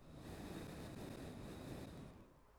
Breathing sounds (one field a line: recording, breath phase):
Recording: one breath near a microphone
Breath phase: exhalation